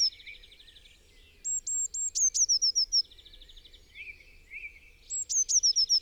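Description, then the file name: Eurasian blue tit: high, needle-thin notes then a brisk series of sharp repeated notes, heard in two phrases over buzzy trills and chirps from other birds. "Cyanistes caeruleus"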